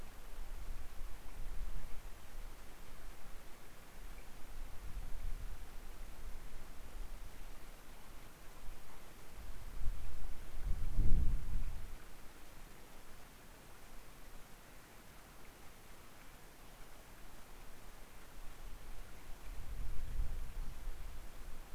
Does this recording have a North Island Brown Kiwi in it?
no